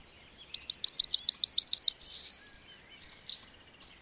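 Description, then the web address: Bird singing a fast series of high, sharp notes that ends in a long, level buzzy note, followed by a fainter, thin whistle sliding slightly downward. "madarak enek"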